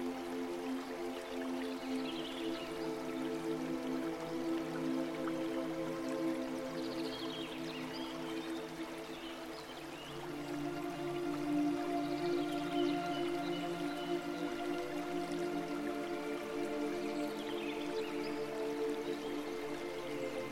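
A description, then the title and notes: A steady, droning hum of low sustained tones sits over soft trickling water, with faint distant bird chirps returning roughly every five seconds. Summer mountain sounds.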